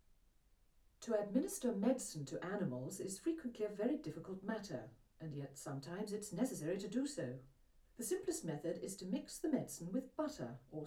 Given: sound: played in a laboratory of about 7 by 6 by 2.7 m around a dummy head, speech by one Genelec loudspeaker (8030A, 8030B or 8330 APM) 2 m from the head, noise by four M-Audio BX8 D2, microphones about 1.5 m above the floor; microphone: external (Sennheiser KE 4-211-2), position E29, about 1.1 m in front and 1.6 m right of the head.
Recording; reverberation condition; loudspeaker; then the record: female speech in English; low; 90 degrees to the left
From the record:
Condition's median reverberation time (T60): about 310 ms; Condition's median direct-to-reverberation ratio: about 3.5 dB